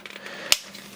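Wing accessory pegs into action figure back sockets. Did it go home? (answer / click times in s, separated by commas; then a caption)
yes / 0.5 s. A plastic wing piece from a 2008 Marvel Legends X-Force Archangel action figure is pushed so its two pegs go into the sockets on the figure's back. A few faint ticks sound early on, then a sharp click at 0.5 s. The wing snaps into place.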